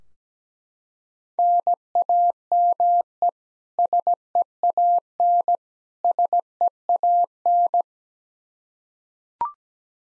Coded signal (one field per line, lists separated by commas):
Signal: Morse code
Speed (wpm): 17 wpm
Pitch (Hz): 700 Hz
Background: none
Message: NAME SEAN SEAN